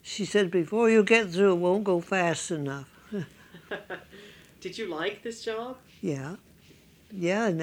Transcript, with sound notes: She said, "Before you get through, it won't go fast enough." (she laughs)
Did you like this job?
Yeah. Yeah.